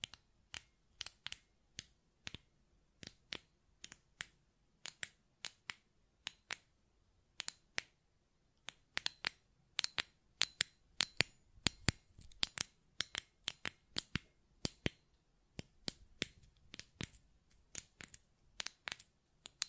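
Buttons click and tap in a quick, uneven series of sharp, dry transients, each brief and crisp across low to bright tones. The pace is steady at first, then grows denser and louder past the halfway point, with clusters of rapid clicks and short pauses between bursts.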